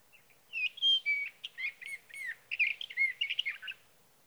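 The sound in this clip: Sage Thrasher song, a fast tumbling warble of bright whistles, clipped chirps and buzzy notes strung together without pause.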